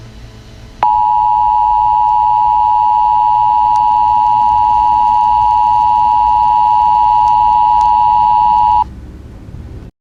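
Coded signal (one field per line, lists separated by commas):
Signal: Emergency Alert System (SAME) tones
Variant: 853 and 960 Hz attention tone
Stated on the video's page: Fictional EAS scenario, not a real alert.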